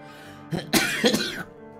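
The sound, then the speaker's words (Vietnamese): A single loud sneeze from a startled man, a brief catch of breath followed by a sharp, breathy explosive burst, lasting under a second with no talking around it. “Tú giật mình hắt xì hơi một cái to”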